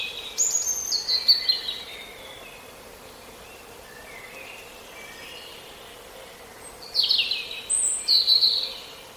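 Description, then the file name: European robin uttering sharp, high, tinkling phrases that descend in pitch, then quieter phrases for several seconds before another bright burst. "Erithacus rubecula"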